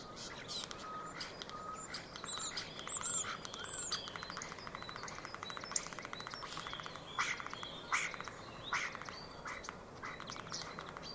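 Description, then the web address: Common starling calling: dense mix of clicks, buzzy notes and high whistles, with several louder sharp bursts in the second half. "Deverinetal 2025. Bird Only"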